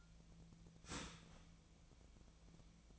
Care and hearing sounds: daily activity, microphone in the room; start toaster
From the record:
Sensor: 1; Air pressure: 1009.3 hPa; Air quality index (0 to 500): 195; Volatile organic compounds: 19 ppm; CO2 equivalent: 2667 ppm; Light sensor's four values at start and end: 26/66/27/32 and 25/64/26/31

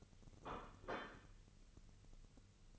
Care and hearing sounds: daily activity, microphone in the room; place plate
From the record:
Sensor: 4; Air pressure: 1008.3 hPa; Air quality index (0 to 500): 83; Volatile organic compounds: 1 ppm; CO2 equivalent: 653 ppm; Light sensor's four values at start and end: 14/32/13/13 and 14/32/13/13

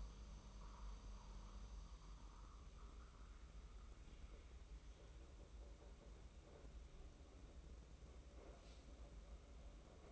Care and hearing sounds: daily activity, microphone in the room; make coffee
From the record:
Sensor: 1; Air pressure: 994.5 hPa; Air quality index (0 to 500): 227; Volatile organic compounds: 1000 ppm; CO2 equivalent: 8156 ppm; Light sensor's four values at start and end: 134/307/136/148 and 135/308/137/150

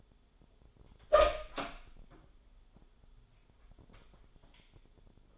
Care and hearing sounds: daily activity, microphone in the room; open door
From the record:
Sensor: 5

